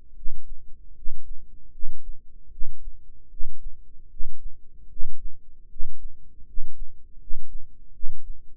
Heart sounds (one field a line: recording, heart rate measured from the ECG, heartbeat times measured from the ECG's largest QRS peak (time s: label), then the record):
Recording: heart sounds by microphone in the right ear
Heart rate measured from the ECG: 77 bpm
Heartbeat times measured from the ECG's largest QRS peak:
0.14 s: heartbeat
0.94 s: heartbeat
1.71 s: heartbeat
2.50 s: heartbeat
3.29 s: heartbeat
4.08 s: heartbeat
4.88 s: heartbeat
5.68 s: heartbeat
6.45 s: heartbeat
7.18 s: heartbeat
7.92 s: heartbeat
From the record:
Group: healthy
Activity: rest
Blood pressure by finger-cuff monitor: 98/59 mmHg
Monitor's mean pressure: 71 mmHg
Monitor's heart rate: 75 bpm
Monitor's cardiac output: 7.3 L/min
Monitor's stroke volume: 98 mL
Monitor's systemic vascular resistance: 700 dyn s/cm5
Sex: male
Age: 35 years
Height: 180 cm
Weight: 86.9 kg